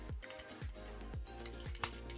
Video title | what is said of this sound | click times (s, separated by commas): The Loyal Subjects Teenage Mutant Ninja Turtles BST AXN Leonardo & Donatello Unboxing & Review | all right well he snaps back in easily so that's a good | 1.8 s